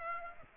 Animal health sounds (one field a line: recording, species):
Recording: mosquito wingbeat signal from an infrared sensor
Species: Aedes aegypti